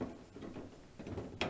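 In a KitchenAid refrigerator interior, after the temperature sensor is fed through its clip, a second plastic clip piece is pressed into place over soft handling noise. It snaps in with a single sharp click at 1.4 s and is seated.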